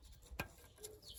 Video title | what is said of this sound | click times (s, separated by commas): DIY - 2012 Range Rover Sport SDV6: Change the rear brake discs (rotors) | and push it should you should hear a small click | 0.4 s